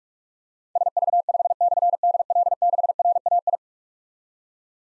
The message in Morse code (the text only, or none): SV5/DL6RAI